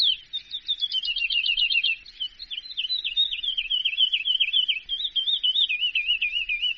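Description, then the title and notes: Bird song, a fast continuous warble of trills and wavering whistled notes, rapid and varied, high-pitched throughout. "Bird Sound. Kicau Burung Lengkap"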